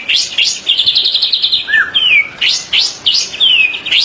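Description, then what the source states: White-rumped shama song of rapid high trills broken by clear downslurred whistles. Master song used for training songbirds.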